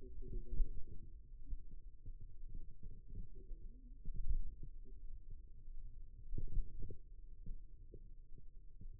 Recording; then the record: forearm muscle sounds (acoustic myography)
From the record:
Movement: pen grasping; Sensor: system 2, bracelet of six BSWA MPA416 microphones around the upper forearm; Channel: 3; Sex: male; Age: 22 years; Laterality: right